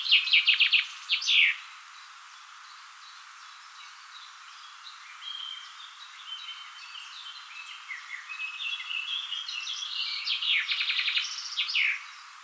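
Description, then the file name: Common chaffinch song: a bright trilled phrase with a flourish at the start, a soft background bird chorus, then another trilled phrase near the end. "Fringilla coelebs"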